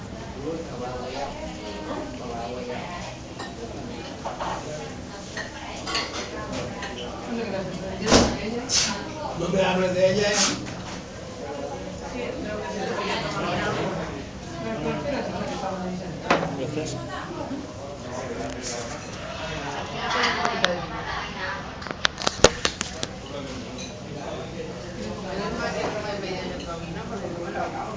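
Exotic chatter in a bar in Barcelona: many overlapping voices form a steady, dense murmur throughout. Sharp clinks of dishes and cutlery cut through now and then, with louder clatters around eight, ten, sixteen and twenty-two seconds.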